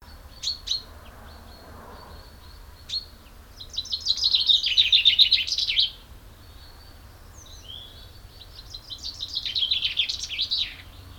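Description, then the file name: Common chaffinch song: two bright, rattling phrases, each about two to three seconds long, preceded by a few sharp call notes. "Fringilla coelebs"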